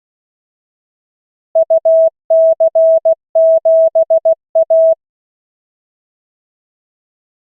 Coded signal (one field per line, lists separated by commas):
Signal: Morse code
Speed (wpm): 16 wpm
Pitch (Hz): 650 Hz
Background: none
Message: UC7A